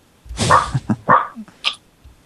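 A video game dog bark sound effect: a few short, sharp barks in quick succession, bright and slightly artificial in tone, followed by a small high chirp, with no talking.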